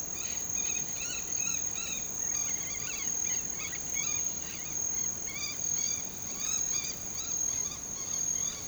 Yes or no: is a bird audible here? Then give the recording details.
yes. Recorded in pastures near Puerto Asís, Putumayo, Colombia, on 13 March 2025 at 07:30. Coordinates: 0.486, -76.323. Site G075